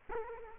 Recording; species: mosquito wingbeat signal from an infrared sensor; Culex quinquefasciatus